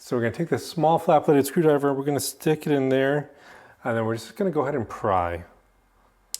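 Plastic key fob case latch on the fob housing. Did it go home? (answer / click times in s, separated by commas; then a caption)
released / 6.3 s. Someone talks while a small flat-blade screwdriver is pried into a slot on the back of the plastic key fob case of an F-150 to replace its battery. At 6.3 s one snap latch on the fob housing lets go with a short, sharp plastic pop, and the case latch releases.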